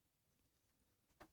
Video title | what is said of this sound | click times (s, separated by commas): Building a Custom PC - 16th July 2016 - SquirrelPlus | off now essentially that is going to click into here | 1.2 s